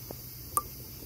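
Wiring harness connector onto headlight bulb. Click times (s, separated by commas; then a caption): 0.6 s. A wiring harness connector is plugged onto an H7 headlight bulb at the back of the headlamp. A single sharp click is heard at 0.6 s against a quiet background. The connector is seated on the bulb.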